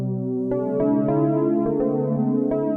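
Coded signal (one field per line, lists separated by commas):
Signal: none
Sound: synthesizer music notes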